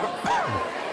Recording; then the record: coughing mixed with background sound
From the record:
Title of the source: Heavy cold and sore throat coughing.